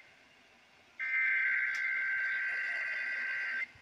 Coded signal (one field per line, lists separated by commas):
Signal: Emergency Alert System (SAME) tones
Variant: header bursts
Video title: EAS- Nevada Required Monthly Test (RMT) on K236BM, KHYZ, KOMP, KXQQ, KNPR, and KKLZ (9/25/24)